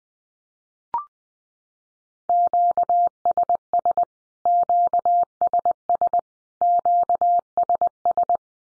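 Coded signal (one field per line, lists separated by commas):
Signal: Morse code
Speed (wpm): 20 wpm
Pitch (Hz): 700 Hz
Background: none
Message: QSS QSS QSS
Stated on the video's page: 20wpm practice drill of Q-codes, each sent three times in Morse as statement or question, then sent again.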